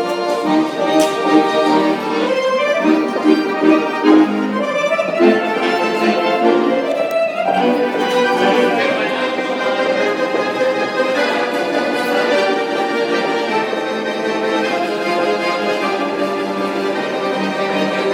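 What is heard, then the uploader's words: Two accordions play a busy, steady tune together, dense sustained chords with quick melodic runs and a few upward swells near the start. Two accordions at U-Bahn Potsdamer Platz on Friday evening.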